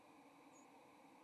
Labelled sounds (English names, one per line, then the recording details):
White-throated Sparrow flight call
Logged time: 08:21 on 30 October 2014